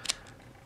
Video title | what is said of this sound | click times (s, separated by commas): Toys from the attic E248 transformers scrounge | hopefully everything will lock into place like there we go and there | 0.1 s